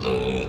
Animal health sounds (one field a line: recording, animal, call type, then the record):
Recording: contact call of a hoofed animal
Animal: pig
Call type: closed-mouth grunt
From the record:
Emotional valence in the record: negative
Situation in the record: short social isolation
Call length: 0.48 s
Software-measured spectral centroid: 1940 Hz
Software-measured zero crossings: 1500 a second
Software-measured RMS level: -24 dBFS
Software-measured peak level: -12 dBFS